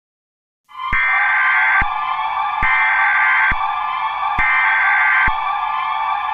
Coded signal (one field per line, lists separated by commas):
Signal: Emergency Alert System (SAME) tones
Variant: header bursts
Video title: EAS Scenario 1:Silent Night (do not play this over the air or you will get a copyright strike.)